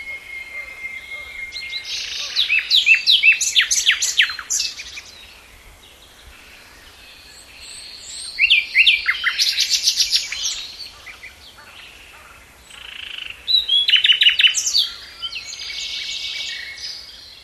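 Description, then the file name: Common nightingale song in three loud bursts of rapid repeated notes and chirps, separated by quieter passages. "Luscinia megarhynchos"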